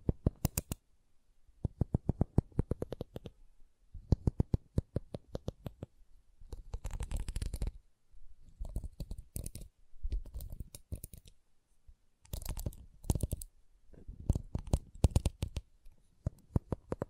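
Wooden triggers click and tap in rapid bursts, each run of sharp knocks lasting a second or two before brief pauses. Some stretches, around 7 to 11 seconds, turn softer and scratchier, like rubbing or shuffling, between the crisp clicking runs.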